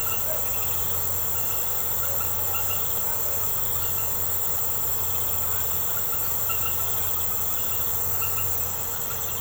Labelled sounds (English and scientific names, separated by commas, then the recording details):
none
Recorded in secondary vegetation near Puerto Asís, Putumayo, Colombia, on 21 March 2025 at 23:30
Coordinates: 0.468, -76.324
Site G059